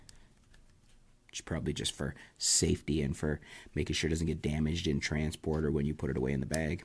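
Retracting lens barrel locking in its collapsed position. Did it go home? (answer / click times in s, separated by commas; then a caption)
yes / 0.1 s. A Canon EF-M 15-45 kit zoom lens for the M50 is twisted closed, and its collapsible barrel locks in the retracted position with a short tick at 0.1 s. The lock holds it small for safety and to keep it from damage in transport or in a bag. Someone then talks.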